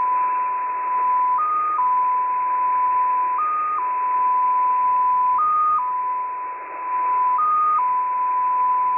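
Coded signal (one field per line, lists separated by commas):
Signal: multi-tone FSK (Olivia or MFSK type)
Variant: XPA2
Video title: XPA2 On 11163kHz USB February 7, 2021 12:00 UTC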